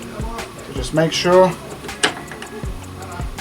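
A handlebar riser bar with a machined flat that locks it in place is pushed down into its keyed hole in the triple clamp of a Yamaha GTS 1000 motorcycle, while someone talks. The bar seats with a sharp click at 2.0 seconds.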